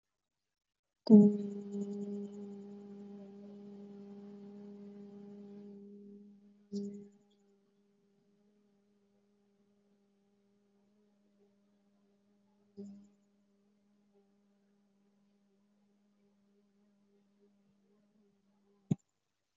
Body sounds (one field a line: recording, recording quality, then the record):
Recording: sustained vowel as in boot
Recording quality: excellent, no background noise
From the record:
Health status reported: healthy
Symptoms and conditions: none ticked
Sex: female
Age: 27 years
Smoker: not ticked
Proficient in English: yes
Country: India